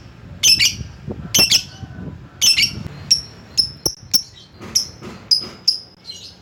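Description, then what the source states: Lovebird mixing harsh double squawks with thin, high chirps, calling irregularly throughout with faint low background noise. Lovebird calling a rival.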